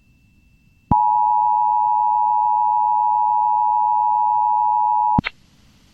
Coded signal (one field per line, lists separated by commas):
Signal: Emergency Alert System (SAME) tones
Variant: 853 and 960 Hz attention tone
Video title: EAS 3 PDS Tornado Watches 93 94 and 97 for Historic Tornado Outbreak on WJON IP Shortened 3-31-2023